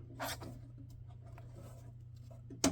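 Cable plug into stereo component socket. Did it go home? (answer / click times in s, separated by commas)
yes / 2.6 s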